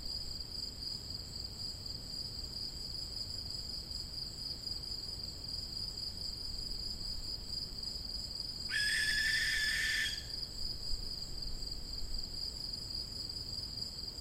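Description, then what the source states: Barn owl hissing screech, one short harsh burst late in the recording, otherwise a steady high-pitched insect chorus fills the background. Young birds.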